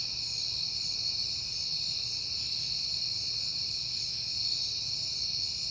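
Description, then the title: Many crickets trilling together in an unbroken high-pitched chorus, the pulsing tones holding level throughout, over a faint low hum. Crickets recorded at night in September on a peaceful night. "Night Time: Crickets and Passing Cars"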